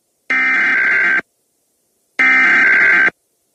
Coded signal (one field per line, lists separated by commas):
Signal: Emergency Alert System (SAME) tones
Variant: header bursts